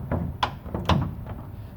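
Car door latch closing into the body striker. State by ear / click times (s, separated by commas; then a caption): seated / 0.4 s. A kit car's door is swung closed and its latch catches into the body striker with a sharp click at 0.4 s, and the latch seats cleanly. A few softer knocks and another strong transient follow, around 0.1, 0.8 and 0.9 s.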